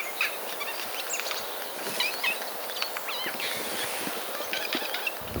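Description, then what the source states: Eurasian jay song, a quiet rambling mix of clicks, squeaky notes and soft chattering phrases running continuously over a hissy background. Male singing to his chosen female, perched on a branch with eyes half-closed and feathers fluffed; quiet song; deciduous forest edge near a housing estate, Poland, 9 March 2024.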